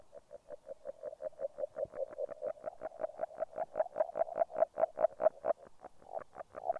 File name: salamandre. grenouille agile